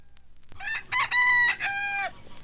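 Bantam chicken: a rooster giving a single crow, a short stuttered start then held harmonic notes.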